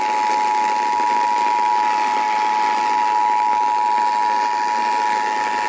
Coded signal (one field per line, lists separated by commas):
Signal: Emergency Alert System (SAME) tones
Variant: 853 and 960 Hz attention tone